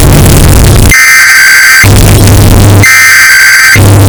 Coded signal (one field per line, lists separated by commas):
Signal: Emergency Alert System (SAME) tones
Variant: header bursts